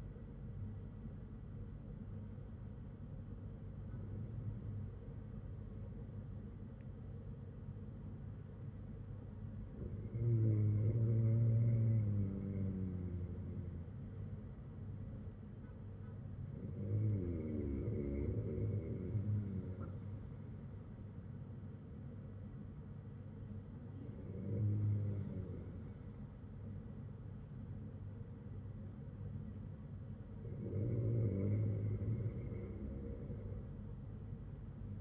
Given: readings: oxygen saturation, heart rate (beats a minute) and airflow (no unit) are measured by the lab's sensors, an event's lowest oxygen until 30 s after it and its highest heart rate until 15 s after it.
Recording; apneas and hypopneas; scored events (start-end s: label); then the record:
breathing in sleep by a smartphone at the bedside; none
none scored
From the record:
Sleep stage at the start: N2 (light sleep); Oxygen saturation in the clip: 96 to 97%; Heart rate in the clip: 52 to 58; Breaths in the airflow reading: 5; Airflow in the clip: -7.4 to 6.4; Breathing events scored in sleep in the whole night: 182 in 7.4 hours asleep